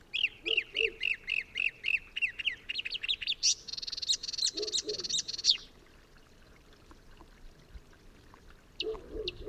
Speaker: La lune éclaire un petit saule où chante une rousserolle verderolle inventive.